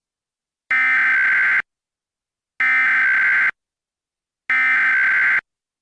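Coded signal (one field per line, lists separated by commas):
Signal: Emergency Alert System (SAME) tones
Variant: header bursts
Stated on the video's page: Mock EAS alert, a fictional recreation.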